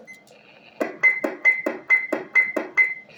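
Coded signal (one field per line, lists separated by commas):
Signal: none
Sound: CB radio roger beep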